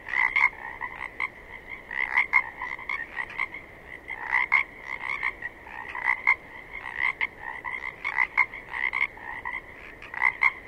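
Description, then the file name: Pacific chorus frogs chorusing, raspy croaks from several frogs overlapping over a constant high-pitched hum. Several Pacific chorus frogs recorded 27 May 2006 at 21:20. "060527-2120 pcfrogs"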